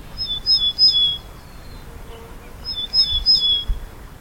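Cretzschmar's bunting song: two short phrases of clear, ringing, high whistled notes, separated by a short pause.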